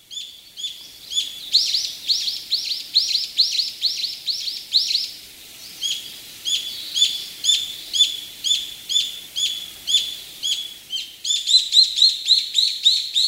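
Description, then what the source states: Brown-eared bulbul calls: rapid series of shrill, high notes in bursts with short pauses. Recorded on Kamishima island, Mie Prefecture, Japan.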